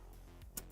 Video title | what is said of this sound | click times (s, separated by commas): Complete PC Built Guide | until it clicks in | 0.6 s